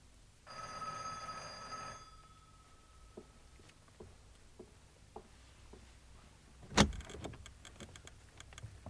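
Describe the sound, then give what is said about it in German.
A doorbell, rung by a police sergeant at Sir Henry's house, gives one long, harsh electric ring lasting about a second and a half, then fades to faint, evenly spaced soft taps before a sharp clack. No one speaks. “Klingeln Sie, Sergeant.”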